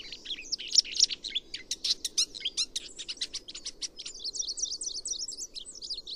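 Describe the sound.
Chestnut-cheeked starling producing dense, sharp clicking chatter that turns into rapid, warbling squeaky notes.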